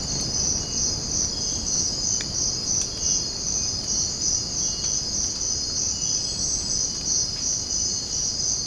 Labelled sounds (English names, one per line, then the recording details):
none
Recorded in secondary vegetation near Puerto Asís, Putumayo, Colombia, on 12 March 2025 at 05:30
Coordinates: 0.481, -76.318
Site G097